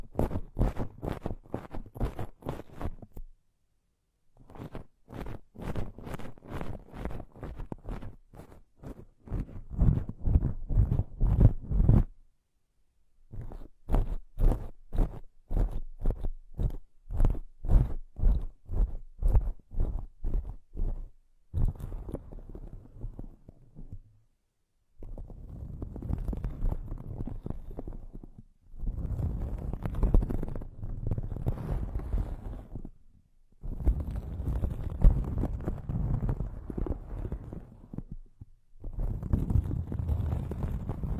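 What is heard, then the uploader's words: Plants are rubbed and circled around the ears, first as quick, regular rustling strokes in bursts of several seconds with short pauses. After about twenty seconds the sound turns into smoother, denser swishing sweeps, each lasting a few seconds, full. Massage the ears with plants, make circles around your ears.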